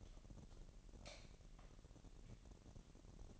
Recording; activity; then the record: daily activity, microphone in the room; light off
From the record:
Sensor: 4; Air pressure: 1012.7 hPa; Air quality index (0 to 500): 246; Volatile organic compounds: 4 ppm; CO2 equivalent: 1678 ppm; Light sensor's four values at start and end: 16/42/16/17 and 14/31/13/13